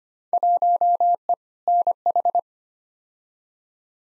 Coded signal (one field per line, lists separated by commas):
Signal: Morse code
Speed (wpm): 25 wpm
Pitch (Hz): 700 Hz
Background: none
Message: 1E NH